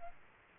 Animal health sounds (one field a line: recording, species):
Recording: mosquito wingbeat signal from an infrared sensor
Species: Aedes aegypti